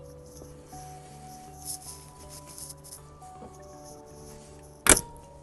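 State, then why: Seated. In a 1971 Ford Escort Mk1, the front seat back, folded with its lever to reach the rear, is returned until its metal latch locks into the seat frame. Over quiet background music, a sharp metallic clunk at 4.9 s marks the seat back latch seating home, locked.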